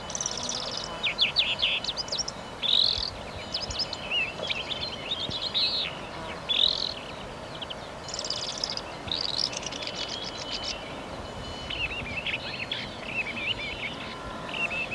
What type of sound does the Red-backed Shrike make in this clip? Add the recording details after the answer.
song. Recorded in the wild. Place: Hörfeld, Hörfeld Moor, Steiermark, AT. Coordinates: 47.0317, 14.5064. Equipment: Uher 4100 Report-V. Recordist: Brunner, Thomas